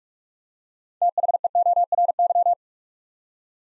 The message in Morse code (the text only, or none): THEORY